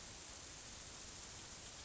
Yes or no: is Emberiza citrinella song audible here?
no